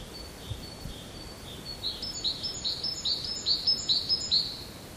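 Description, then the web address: Great tit song beginning with faint high notes, then swelling into a fast run of sharp two-part phrases repeated about every half second. Pine forest, recorded in 2020. "poznvme bory 2020 Sykora Konadra"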